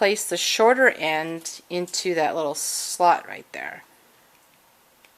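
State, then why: Seated. Someone talks while the shorter end of a T-shaped brad is pushed into a small slot on a plastic Ek Tools bow-making tool board. After a quiet pause, a faint, short click is heard at 5.1 s as the brad seats in the slot.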